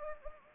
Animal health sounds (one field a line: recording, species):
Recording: mosquito wingbeat signal from an infrared sensor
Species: Anopheles gambiae